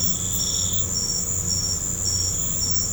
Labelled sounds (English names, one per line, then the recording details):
none
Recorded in pastures near Puerto Asís, Putumayo, Colombia, on 15 December 2024 at 22:30
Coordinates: 0.505, -76.324
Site G063